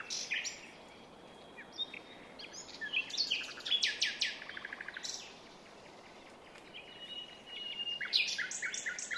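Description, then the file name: Common nightingale song: varied loud phrases of sharp whistles, buzzy notes and fast repeated trills, separated by short pauses, over steady background hiss. "Luscinia megarhynchos"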